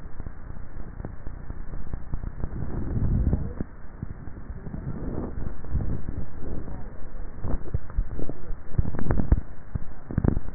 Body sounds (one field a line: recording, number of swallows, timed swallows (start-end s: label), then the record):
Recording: swallowing sounds by neck microphone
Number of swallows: 1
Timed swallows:
7.58-8.45 s: swallow
From the record:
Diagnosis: dysphagia